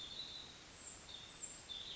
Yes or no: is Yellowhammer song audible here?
no